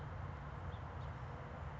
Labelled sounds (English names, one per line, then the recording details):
House Finch
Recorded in Sonoma County, California